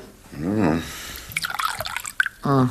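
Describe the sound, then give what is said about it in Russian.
Water is poured into a glass in a short, splashy burst with bright trickling and dripping tones, framed by brief voiced sounds before and after. “Ну, дайте-ка стакан воды.”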